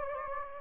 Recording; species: mosquito wingbeat signal from an infrared sensor; Anopheles gambiae